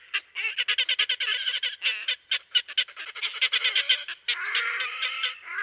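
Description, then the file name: Red-necked grebe uttering a loud, grating chatter of fast, harsh notes, running together into a continuous squealing bray near the end. "perkozrdzawoszyi"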